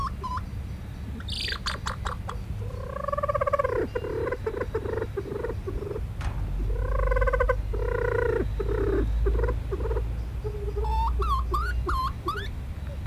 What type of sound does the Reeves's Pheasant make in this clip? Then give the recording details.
call. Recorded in captivity. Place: Bergzoo Helmarshausen, Hessen, DE. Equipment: Halbspur, 9,5 cm/s. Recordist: Lütgens, Hans